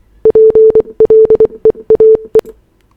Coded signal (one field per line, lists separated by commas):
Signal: Morse code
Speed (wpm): 24 wpm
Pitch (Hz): 440 Hz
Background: none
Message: PLEAE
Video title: Python code to convert Morse code wave file to word document